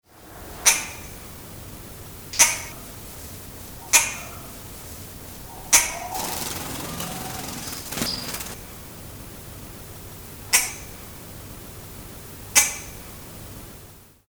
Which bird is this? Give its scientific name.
Streptocitta albicollis